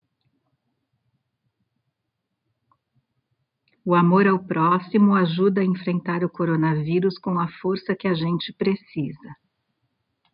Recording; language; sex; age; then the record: spoken sentence; Brazilian Portuguese; female; 50 to 59 years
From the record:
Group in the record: control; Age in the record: 56 years